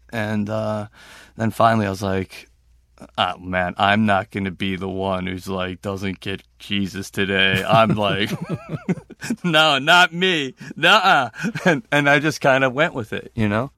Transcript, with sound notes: And then finally I was like, oh, man, I'm not going to be the one who's - like, doesn't get Jesus today. I'm like...
(LAUGHTER)
No, not me. And I just kind of went with it, you know?